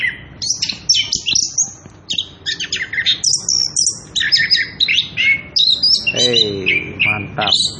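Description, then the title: Orange-headed thrush singing rich, high, varied phrases in quick succession, whistles sliding up and down with brief buzzy notes. Singing prolifically (gacor) with continuous rolling 'ngerol edan' song; used as a lure (pancingan) and tutor (masteran) for young birds (trotolan). "Anis Kembang Gacor. pancingan anis kembang ngerol edan masteran trotolan"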